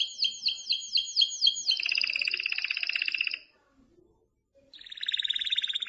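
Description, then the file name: Canary song opening with a series of swooping whistled notes, then a fast buzzy trill, a brief pause, and another rolling trill. "Canary Voice"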